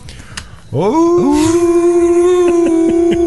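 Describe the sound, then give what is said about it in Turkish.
Wolves howl in a loud, sustained chorus: each howl swoops upward at the start, then holds a steady, drawn-out tone, with a second voice joining a moment later. No one talks. “Kurtlar da geliyor”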